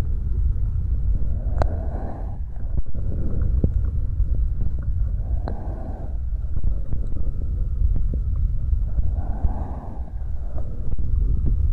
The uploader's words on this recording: Mouth Sounds.